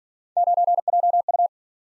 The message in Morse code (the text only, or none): 9JU